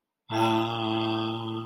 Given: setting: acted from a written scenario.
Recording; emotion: vocal sound without words; serenity